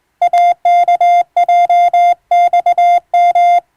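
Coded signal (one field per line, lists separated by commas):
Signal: Morse code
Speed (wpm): 20 wpm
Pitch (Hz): 700 Hz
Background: music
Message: AKJXM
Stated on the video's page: Morse receiving practice of maritime-style telegram traffic between ship and coast stations, sent by a first-class radiotelegraph operator.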